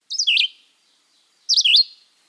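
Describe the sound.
Red-eyed Vireo song: two short, high, slurred whistled phrases about 1.4 seconds apart, each with a downward-then-upward inflection.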